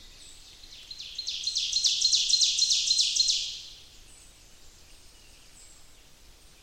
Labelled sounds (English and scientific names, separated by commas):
Ovenbird (Seiurus aurocapilla) song